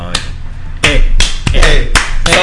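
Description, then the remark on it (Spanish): Hands clap in a loose, irregular burst: about seven sharp, bright smacks scattered over a couple of seconds, fairly loud, like a small group giving brief scattered applause as a farewell to the fans. “¿Nos podemos despedir con un aplauso a los fans?”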